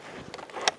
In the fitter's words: дотянулась, села на место.